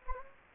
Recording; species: mosquito wingbeat signal from an infrared sensor; Anopheles gambiae